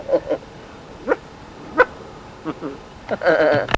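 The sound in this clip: Dog: puppy yips and short whimpers in several separate bursts, ending in a longer, louder whining yelp.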